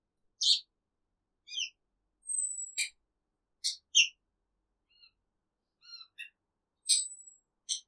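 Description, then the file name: Cage bird giving sparse, sharp high chirps and a few thin whistled tones, separated by pauses of up to a second, otherwise quiet. "Exotic Cage Bird Isolated"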